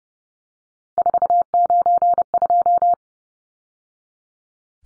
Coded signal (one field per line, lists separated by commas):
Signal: Morse code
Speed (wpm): 30 wpm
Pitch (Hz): 700 Hz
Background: none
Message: 492